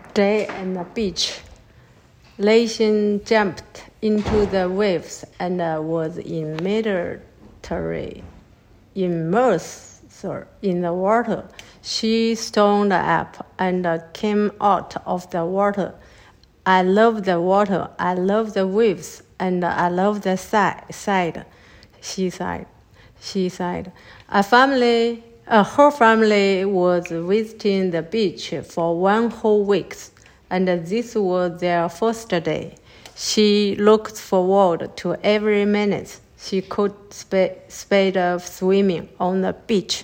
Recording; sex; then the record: reading aloud after running; female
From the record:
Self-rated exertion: very light exertion (1 of 6); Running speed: 6 miles an hour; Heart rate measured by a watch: 95 beats a minute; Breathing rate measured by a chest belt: 11 breaths a minute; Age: 55 years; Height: 157 cm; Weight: 48 kg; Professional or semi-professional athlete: yes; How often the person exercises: every day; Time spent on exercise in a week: over 5 hours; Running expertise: yes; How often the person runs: 3 to 5 times a week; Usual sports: running, swimming, yoga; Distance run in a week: 40 miles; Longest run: 20 miles